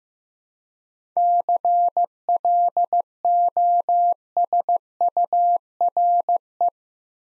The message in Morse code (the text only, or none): CLOSURE